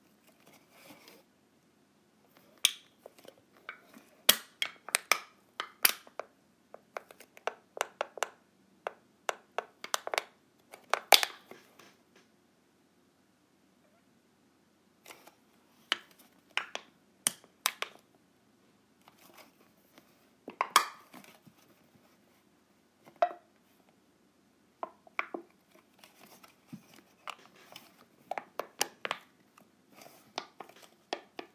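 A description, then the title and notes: Clips snapping and clicking in irregular bursts of sharp, bright taps, with a short pause near 13 seconds and a faint low hum underneath. ASMR Clipping my Clips.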